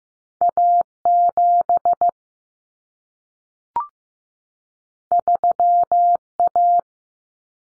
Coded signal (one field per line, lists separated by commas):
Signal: Morse code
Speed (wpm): 15 wpm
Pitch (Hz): 700 Hz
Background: none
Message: A7 3A